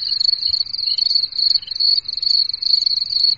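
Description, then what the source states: Cricket chirping in a steady, high, rapidly pulsed trill that barely pauses throughout, with no other sounds. Phone ringtone.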